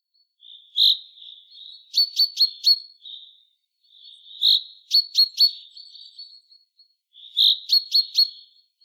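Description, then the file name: Common chaffinch calling in three high, clipped phrases, each opening with a bright note, then a soft run and a quick series of sharp chips, quiet between phrases. "Fringilla coelebs"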